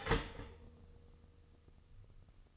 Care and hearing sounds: daily activity, microphone in the room; start toaster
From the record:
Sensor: 4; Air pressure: 1007.9 hPa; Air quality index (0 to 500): 104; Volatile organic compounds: 1 ppm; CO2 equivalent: 771 ppm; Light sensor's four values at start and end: 10/23/9/10 and 11/24/10/10

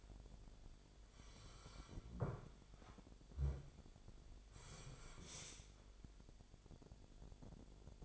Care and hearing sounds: daily activity, microphone in the room; sit down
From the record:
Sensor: 5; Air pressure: 1008.0 hPa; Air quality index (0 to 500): 153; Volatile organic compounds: 3 ppm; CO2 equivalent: 1475 ppm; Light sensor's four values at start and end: 57/160/62/62 and 57/160/62/62

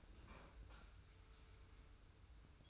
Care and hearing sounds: daily activity, microphone in the room; open fridge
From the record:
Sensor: 2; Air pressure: 991.0 hPa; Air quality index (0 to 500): 125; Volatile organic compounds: 107 ppm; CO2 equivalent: 3801 ppm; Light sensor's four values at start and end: 24/57/23/23 and 24/57/23/23

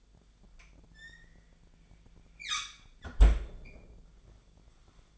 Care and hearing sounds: daily activity, microphone in the room; close fridge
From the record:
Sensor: 5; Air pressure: 1009.8 hPa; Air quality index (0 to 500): 161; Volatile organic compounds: 4 ppm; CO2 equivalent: 1570 ppm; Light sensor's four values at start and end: 110/282/117/124 and 107/277/114/121

